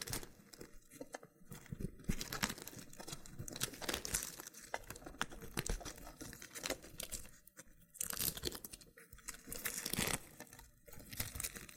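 Loofah scratching and peeling with dense, crinkly rasps and quick crackling pops, coming in irregular bursts with brief pauses throughout.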